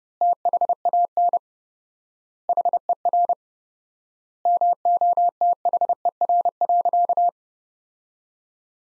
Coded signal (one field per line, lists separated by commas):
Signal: Morse code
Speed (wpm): 30 wpm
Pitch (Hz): 700 Hz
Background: none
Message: THAN HER MOTHER.